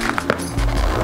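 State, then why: Seated. A ratcheting no-lace tightening system on a sneaker is pulled by its lace tab, giving three quick clicks at 0.1, 0.2 and 0.3 seconds as it ratchets tight on the foot. Music plays underneath, and the lace system tightens and seats.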